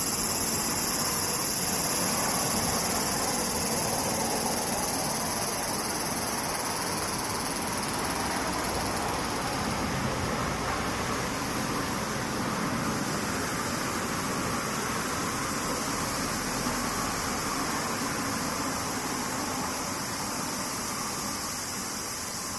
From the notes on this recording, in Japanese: セミ